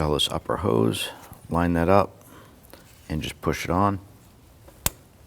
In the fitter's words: You're going to feel it and hear it lock.